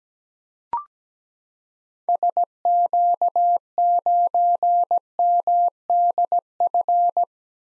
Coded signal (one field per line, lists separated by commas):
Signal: Morse code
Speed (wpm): 17 wpm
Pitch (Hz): 700 Hz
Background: none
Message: SQ9MDF